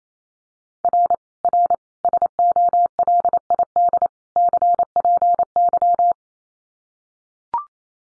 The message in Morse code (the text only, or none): R R SOLID CPY